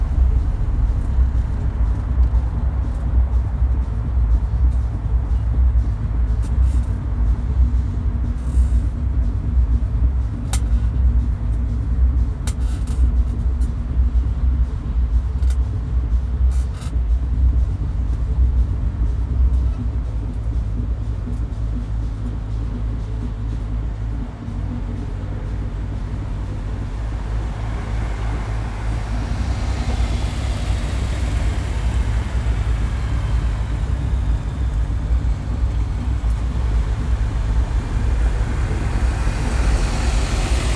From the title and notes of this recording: Frank Zappa Straße Marzahn-Berlin-DDR - the view from my window. Audio-technica. Recorded my window this morning. I didn't add any sound.